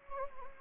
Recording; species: mosquito wingbeat signal from an infrared sensor; Anopheles gambiae